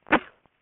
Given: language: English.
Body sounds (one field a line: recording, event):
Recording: throat vibration sensor signal played as sound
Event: cough